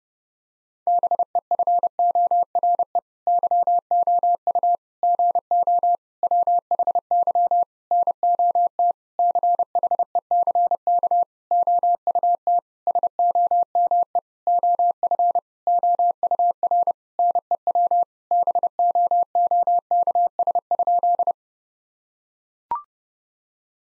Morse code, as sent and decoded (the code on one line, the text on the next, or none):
-... . ..-. --- .-. . / -.-- --- ..- / --. --- / .-- .... -.-- / -. --- - / -.-. .... . -.-. -.- / --- ..- - / ... --- -- . / --- ..-. / --- ..- .-. / -. . .-- / -... --- --- -.- ... ..--..
BEFORE YOU GO WHY NOT CHECK OUT SOME OF OUR NEW BOOKS?